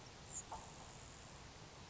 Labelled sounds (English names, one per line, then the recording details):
Grasshopper Sparrow
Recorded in Sonoma County, California